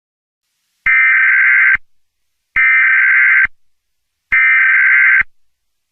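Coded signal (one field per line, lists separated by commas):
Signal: Emergency Alert System (SAME) tones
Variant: header bursts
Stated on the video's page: Simulated EAS alert tones in a fictional alien invasion scenario.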